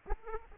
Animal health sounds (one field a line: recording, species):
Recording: mosquito wingbeat signal from an infrared sensor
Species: Aedes aegypti